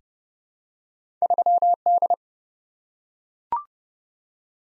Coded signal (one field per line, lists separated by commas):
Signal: Morse code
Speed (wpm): 30 wpm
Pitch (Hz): 700 Hz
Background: none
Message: 3D